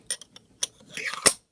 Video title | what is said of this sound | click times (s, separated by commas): Chronic Drippers - Mechanical Series Box - Hardware Review | till it pops into place, and we are in series vaping business. | 1.3 s